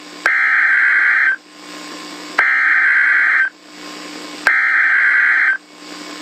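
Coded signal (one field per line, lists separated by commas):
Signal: Emergency Alert System (SAME) tones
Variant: header bursts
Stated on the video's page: Real Emergency Alert System activation heard on a radio broadcast during a tornado emergency.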